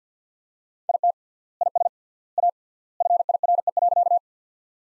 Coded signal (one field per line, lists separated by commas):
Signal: Morse code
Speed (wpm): 49 wpm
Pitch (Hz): 700 Hz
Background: none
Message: IT IS A FIRE.